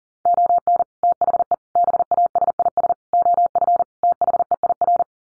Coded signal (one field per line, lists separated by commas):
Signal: Morse code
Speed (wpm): 37 wpm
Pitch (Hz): 700 Hz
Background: none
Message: ON THE BASIS OF THEIR